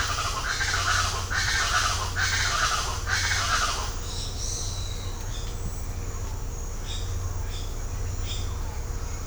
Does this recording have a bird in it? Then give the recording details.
yes. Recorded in secondary vegetation near Puerto Asís, Putumayo, Colombia, on 20 December 2024 at 07:00. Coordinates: 0.502, -76.326. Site G028